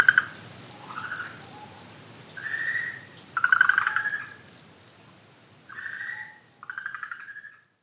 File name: okinawaaogaeru